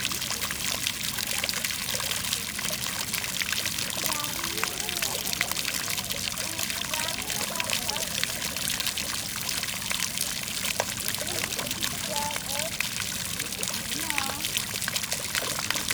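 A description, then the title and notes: Running water pours and splashes steadily for the whole stretch, a dense, bright rush with a constant level and no pauses. Small gurgling and trickling notes bubble up in the middle range every second or so, over a low rumble underneath. Running water.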